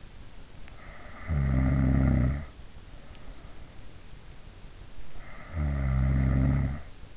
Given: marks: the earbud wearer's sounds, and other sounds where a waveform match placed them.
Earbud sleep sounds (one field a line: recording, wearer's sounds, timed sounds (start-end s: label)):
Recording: sounds in sleep by an in-ear microphone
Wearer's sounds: snoring breath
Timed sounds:
1.31-2.42 s: snoring breath
5.42-7.17 s: snoring breath